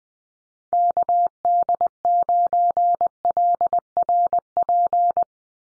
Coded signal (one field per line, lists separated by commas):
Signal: Morse code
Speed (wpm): 20 wpm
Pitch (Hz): 700 Hz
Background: none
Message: KD9LRP